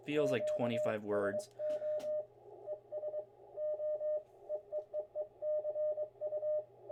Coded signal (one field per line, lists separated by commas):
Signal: Morse code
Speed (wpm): 22 wpm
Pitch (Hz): 600 Hz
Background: speech, radio noise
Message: QSO ES O EEEE CU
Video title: Let Get Our General License! Pt. 3 MORE Electronics! | Ham? Radio Crash Course